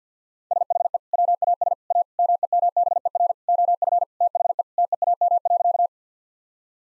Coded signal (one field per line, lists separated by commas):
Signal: Morse code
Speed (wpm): 45 wpm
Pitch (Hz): 700 Hz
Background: none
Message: SHE WAS A MEMBER OF THE TEAM.